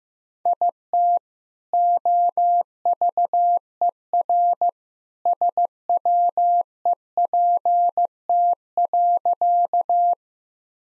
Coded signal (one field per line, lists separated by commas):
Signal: Morse code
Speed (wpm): 16 wpm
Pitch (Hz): 700 Hz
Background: none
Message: IT OVERSWEPT.